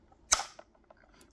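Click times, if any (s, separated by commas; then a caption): 0.3 s. After unboxing, an action figure and its ammo bandolier are gently pressed back into a plastic retail packaging tray for storage, and the tray snaps closed. A sharp, bright plastic click at 0.3 s, followed by a short rattling tail and a faint tick at 1.2 s, confirms the tray is shut.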